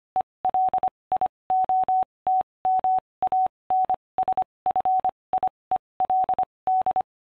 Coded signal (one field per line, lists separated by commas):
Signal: Morse code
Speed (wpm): 25 wpm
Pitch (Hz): 750 Hz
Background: none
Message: ELIOT MANSFIELD